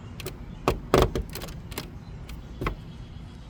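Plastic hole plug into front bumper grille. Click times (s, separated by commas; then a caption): 0.7 s, 0.9 s. A second plastic hole plug is pressed into the front bumper grille of a 2021 Audi e-tron Sportback, giving two sharp plastic snaps at 0.7 s and 0.9 s, followed by fainter handling ticks, including one near 2.7 s. The plug snaps home and is seated.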